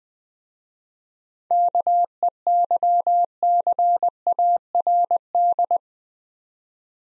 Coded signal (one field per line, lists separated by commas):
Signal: Morse code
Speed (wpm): 20 wpm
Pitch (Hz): 700 Hz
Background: none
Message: KEYCARD